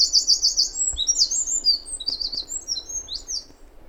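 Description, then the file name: Eurasian wren song opens with a rapid run of repeated high notes, then continues in fast, jumbled trills and sharp chips that fade near the end. "Troglodytes troglodytes"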